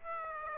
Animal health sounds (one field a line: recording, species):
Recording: mosquito wingbeat signal from an infrared sensor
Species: Aedes aegypti